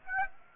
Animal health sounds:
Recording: mosquito wingbeat signal from an infrared sensor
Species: Aedes aegypti

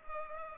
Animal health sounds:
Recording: mosquito wingbeat signal from an infrared sensor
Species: Culex pipiens

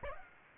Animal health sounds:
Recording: mosquito wingbeat signal from an infrared sensor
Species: Aedes aegypti

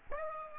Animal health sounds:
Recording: mosquito wingbeat signal from an infrared sensor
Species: Aedes aegypti

